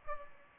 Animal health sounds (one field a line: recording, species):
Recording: mosquito wingbeat signal from an infrared sensor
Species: Culex pipiens